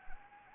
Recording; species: mosquito wingbeat signal from an infrared sensor; Anopheles gambiae